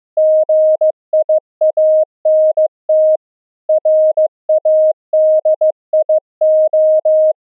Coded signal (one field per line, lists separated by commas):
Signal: Morse code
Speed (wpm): 15 wpm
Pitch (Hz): 620 Hz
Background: none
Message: GIANT RADIO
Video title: Pulse Density Modulation Morse Code, TRANSMIT & RECEIVE demo on LF band @64Khz - saves BATTERY DRAIN